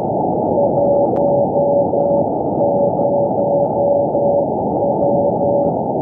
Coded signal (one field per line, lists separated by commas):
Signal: Morse code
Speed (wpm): 12 wpm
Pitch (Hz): 570 Hz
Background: none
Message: 10W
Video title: HG1BVC Beacon - 70.06 MHz